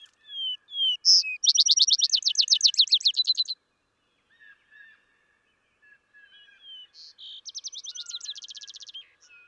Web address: songs Vesper Sparrow